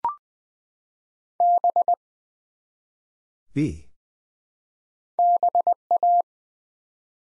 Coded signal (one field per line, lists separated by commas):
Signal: Morse code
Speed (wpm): 20 wpm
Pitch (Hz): 700 Hz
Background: none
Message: B BA